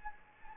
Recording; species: mosquito wingbeat signal from an infrared sensor; Anopheles gambiae